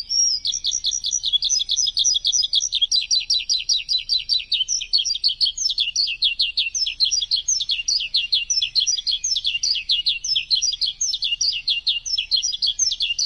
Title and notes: Suara Burung. Suara Kicauan Burung untuk memaster burung kesayangan